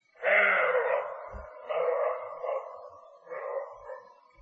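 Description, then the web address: Roe deer calling with three hoarse, harsh barks, the first loudest and longest, each fading away, with faint low thumps between. "golos kosulya"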